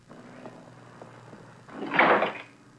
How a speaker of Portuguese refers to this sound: Vou fechar a porta.